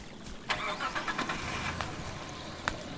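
A car engine starts up with a few sharp mechanical clunks over a low, steady rumble, then keeps running as a man and a woman drive away in the car.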